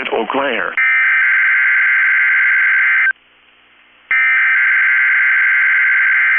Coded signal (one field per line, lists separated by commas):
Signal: Emergency Alert System (SAME) tones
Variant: header bursts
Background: speech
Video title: 4/5/23 - KEC65 Required Weekly Test (EAS #751)